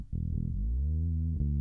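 A low, deep rumbling growl from an adult's stomach lasts about one and a half seconds, with a bubbly start and then a smooth tone that gently rises and falls in pitch. It is ordinary stomach growling (borborygmi), put down to hunger.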